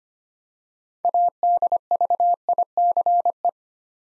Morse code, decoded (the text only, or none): ADVICE